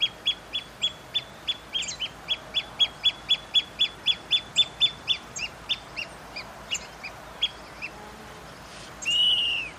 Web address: Pearl kite. صدای-پرنده-کورکور-مرواریدی